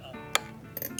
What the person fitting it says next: that little click there that's the important click